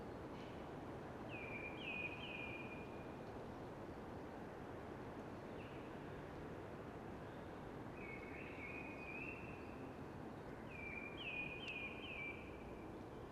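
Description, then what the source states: Eurasian blackbird singing several thin, drawn-out whistled phrases over a constant rushing hush of wind in trees. Sung early, amongst hushing conifers.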